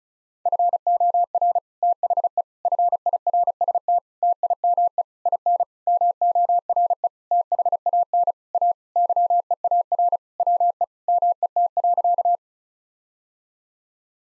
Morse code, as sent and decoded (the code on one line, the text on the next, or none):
..-. --- .-. / - .... . / ..-. .. .-. ... - / - .. -- . / .. -. / -- --- .-. . / - .... .- -. / .- / -.-- . .- .-. / .-- . / -- . - .-.-.-
FOR THE FIRST TIME IN MORE THAN A YEAR WE MET.